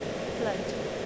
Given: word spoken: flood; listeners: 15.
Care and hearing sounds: one English word in noise, from a listening test; speech-shaped noise; -4.6 dB; 1 of 15; 12 of 15; 0.66 s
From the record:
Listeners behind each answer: 12, 1, 1, 1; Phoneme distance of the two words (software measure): 20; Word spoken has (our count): 1 syllable, 4 phonemes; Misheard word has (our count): 1 syllable, 4 phonemes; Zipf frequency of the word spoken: 4.21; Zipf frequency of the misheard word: 3.96

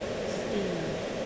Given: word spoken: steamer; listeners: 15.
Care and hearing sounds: one English word in noise, from a listening test; speech-shaped noise; -5.1 dB; 0 of 15; 11 of 15; 0.86 s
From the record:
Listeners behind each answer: 11, 1, 1, 1, 1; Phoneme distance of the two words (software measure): 7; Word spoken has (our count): 2 syllables, 5 phonemes, stress on syllable 1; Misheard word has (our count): 1 syllable, 4 phonemes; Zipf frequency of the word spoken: 3.26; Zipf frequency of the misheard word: 4.39

